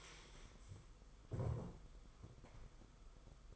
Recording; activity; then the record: daily activity, microphone in the room; stand up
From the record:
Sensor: 5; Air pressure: 990.7 hPa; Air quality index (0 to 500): 150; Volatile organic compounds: 162 ppm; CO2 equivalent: 4072 ppm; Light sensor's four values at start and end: 42/128/49/53 and 42/128/49/53